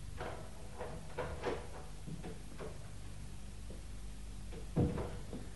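A series of small clicks and rattles as a key unlocks a flat's door, followed after a pause by a single heavier knock as the door swings open. Low hum underneath, no voices.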